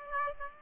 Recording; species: mosquito wingbeat signal from an infrared sensor; Aedes aegypti